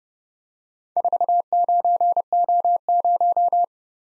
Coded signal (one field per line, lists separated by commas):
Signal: Morse code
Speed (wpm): 30 wpm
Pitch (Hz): 700 Hz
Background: none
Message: 49O0